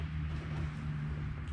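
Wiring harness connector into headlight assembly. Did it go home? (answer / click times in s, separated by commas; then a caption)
no / none. A wiring harness connector is being handled for plugging back into a new Nissan headlight assembly. A steady low hum with banded tones below about 200 Hz sits under even broadband noise, with no sharp transients. Nothing has seated or clicked yet.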